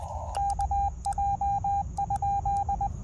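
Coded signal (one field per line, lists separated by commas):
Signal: Morse code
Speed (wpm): 20 wpm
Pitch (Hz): 800 Hz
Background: radio noise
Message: KJ?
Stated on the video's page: POTA park activation on a Xiegu X6200 with its internal keyer, a BaMaKeY TP-III paddle and a PackTenna 9:1 random wire antenna.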